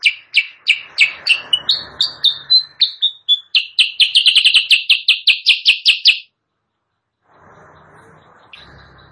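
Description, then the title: Sooty-headed bulbul singing a fast series of short chirping notes, some sliding downward, speeding into a rapid burst, then a pause and faint background hiss. Caged-bird training recording (masteran) used as a lure sound; bird described as actively singing (gacor). "Masteran Kutilang Sutra. suara pikat kutilang sutra kutilang sutra gacor"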